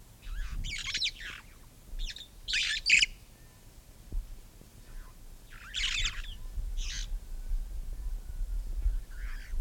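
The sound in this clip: Red-fronted parrot giving several rasping squawks, some doubled, spaced by short silences over faint low-pitched background noise.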